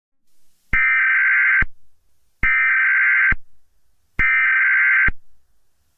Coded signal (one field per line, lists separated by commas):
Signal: Emergency Alert System (SAME) tones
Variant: header bursts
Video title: EAS Scenario: Mario.exe